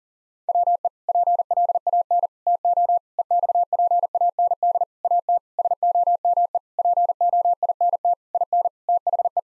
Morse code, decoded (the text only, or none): WE PLAN TO EXPAND AT SOME POINT IN THE